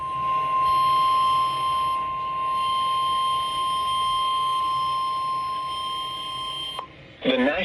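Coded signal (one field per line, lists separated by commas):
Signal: Emergency Alert System (SAME) tones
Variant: 1050 Hz attention tone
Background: speech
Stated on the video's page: Severe thunderstorm warning SAME tones received on NOAA Weather Radio.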